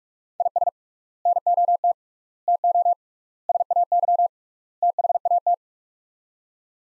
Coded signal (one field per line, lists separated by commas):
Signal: Morse code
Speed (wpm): 42 wpm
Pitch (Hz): 700 Hz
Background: none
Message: IS NOT TO SAY THAT